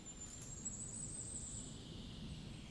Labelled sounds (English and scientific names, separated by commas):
Common Chaffinch (Fringilla coelebs)